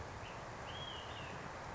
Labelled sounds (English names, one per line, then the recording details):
Olive-sided Flycatcher
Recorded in Sonoma County, California